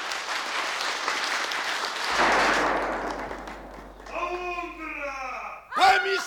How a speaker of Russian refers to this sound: А Копперфильд песню кончил, надо бы похлопать. Хлопайте, хлопайте, Алексей Андреевич.